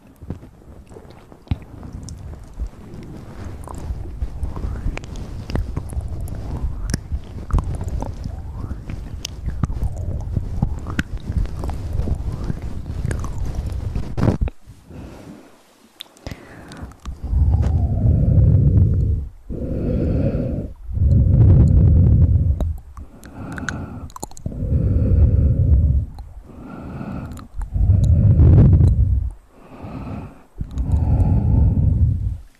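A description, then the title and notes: Hand and mouth sounds: for the first fourteen seconds, a steady run of dense rustling, smacking and clicking. After a brief pause come about eight loud, low, breathy bursts, each lasting a second or two with short silences between, like heavy blowing or sighs. Hand Sounds & Mouth Sounds.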